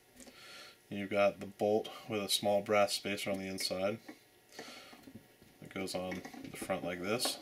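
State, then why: Not seated. Someone talks while fitting a bolt with a small brass spacer onto the front of the internal valve/hammer assembly of a Daystate .62 caliber Nelson-based TG19 pump paintgun. Only faint handling noises are heard under the speech, including a small tap at 0.2 s and a soft knock at 4.5 s. The bolt has not clicked into place yet.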